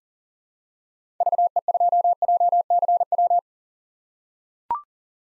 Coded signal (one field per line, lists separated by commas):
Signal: Morse code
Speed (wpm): 40 wpm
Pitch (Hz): 700 Hz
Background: none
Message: VE2JCW